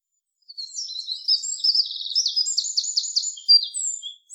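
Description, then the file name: Eurasian wren singing, a rapid high-pitched outpouring of tinkling notes and fast rattling trills, loud and varied, with no other clear sounds. "Troglodytes troglodytes"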